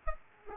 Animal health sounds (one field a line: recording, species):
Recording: mosquito wingbeat signal from an infrared sensor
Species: Aedes aegypti